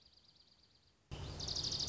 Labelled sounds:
Dark-eyed Junco (Junco hyemalis)
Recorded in Sonoma County, California

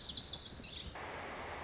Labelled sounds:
Lazuli Bunting (Passerina amoena)
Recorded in Sonoma County, California

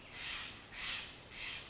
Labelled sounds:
Steller's Jay (Cyanocitta stelleri)
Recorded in Sonoma County, California

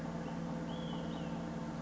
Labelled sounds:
Olive-sided Flycatcher (Contopus cooperi)
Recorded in Sonoma County, California

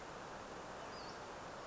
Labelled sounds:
Western Flycatcher (Empidonax difficilis)
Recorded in Sonoma County, California

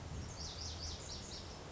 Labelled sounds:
Lazuli Bunting (Passerina amoena)
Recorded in Sonoma County, California

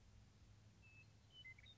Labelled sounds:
Western Meadowlark (Sturnella neglecta)
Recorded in Sonoma County, California

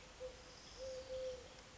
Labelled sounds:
Eurasian Collared Dove (Streptopelia decaocto)
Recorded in Sonoma County, California

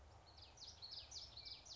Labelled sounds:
Common Yellowthroat (Geothlypis trichas)
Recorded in Sonoma County, California

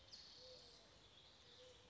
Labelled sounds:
Mourning Dove (Zenaida macroura)
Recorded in Sonoma County, California

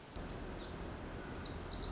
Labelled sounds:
Pacific Wren (Troglodytes pacificus)
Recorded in Sonoma County, California

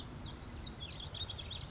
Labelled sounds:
House Finch (Haemorhous mexicanus)
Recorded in Sonoma County, California

